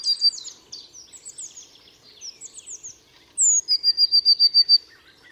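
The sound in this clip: Bird song: a thin high note, then a fast even trill, with busy twittering in the first three seconds.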